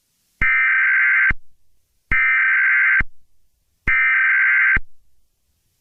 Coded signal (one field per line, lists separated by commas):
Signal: Emergency Alert System (SAME) tones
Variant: header bursts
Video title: Demogorgon Attack on New Year's Eve: EAS Scenario Simulation #easscenario #strangerthings